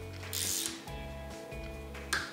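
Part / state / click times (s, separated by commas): torque wrench on second headset cup bolt of bike frame / torque reached / 2.1 s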